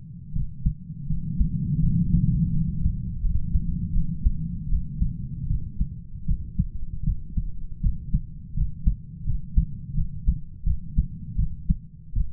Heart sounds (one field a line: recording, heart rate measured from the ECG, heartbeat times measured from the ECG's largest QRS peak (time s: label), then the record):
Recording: heart sounds by stethoscope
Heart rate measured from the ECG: 81 bpm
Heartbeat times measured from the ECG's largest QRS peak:
0.33 s: heartbeat
1.07 s: heartbeat
1.80 s: heartbeat
2.51 s: heartbeat
3.21 s: heartbeat
3.94 s: heartbeat
4.69 s: heartbeat
5.47 s: heartbeat
6.26 s: heartbeat
7.04 s: heartbeat
7.81 s: heartbeat
8.55 s: heartbeat
9.25 s: heartbeat
9.95 s: heartbeat
10.64 s: heartbeat
11.36 s: heartbeat
12.14 s: heartbeat
From the record:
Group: healthy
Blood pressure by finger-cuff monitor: 114/68 mmHg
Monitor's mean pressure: 82 mmHg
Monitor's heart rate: 78 bpm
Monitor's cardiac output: 7.8 L/min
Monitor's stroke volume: 96 mL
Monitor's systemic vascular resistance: 780 dyn s/cm5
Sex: male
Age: 33 years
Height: 179 cm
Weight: 80.4 kg